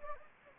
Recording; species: mosquito wingbeat signal from an infrared sensor; Anopheles gambiae